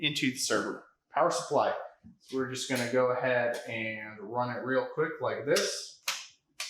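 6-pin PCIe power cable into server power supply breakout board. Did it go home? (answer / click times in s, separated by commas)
yes / 6.6 s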